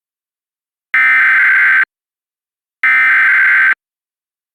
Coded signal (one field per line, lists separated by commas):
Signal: Emergency Alert System (SAME) tones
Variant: header bursts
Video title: EAS Reenactment Mock: Tornado Warning for Davidson County, NC - 03/18/2021